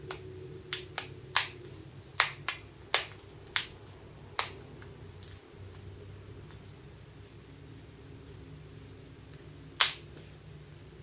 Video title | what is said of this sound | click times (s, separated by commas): Samsung Galaxy S1 i9000 Complete Disassembly & Reassembly | Now all of the flex cables have been put into place, we can go ahead and reattach the plastic bezel. This will simply snap into place. | 1.4 s, 2.2 s, 2.9 s, 3.6 s, 4.4 s, 9.8 s